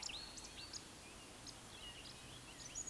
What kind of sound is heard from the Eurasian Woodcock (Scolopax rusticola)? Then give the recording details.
whistle. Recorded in Baden-Württemberg, Germany, on 26 May 2020 at 19:43 UTC. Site 45304, 487 m above sea level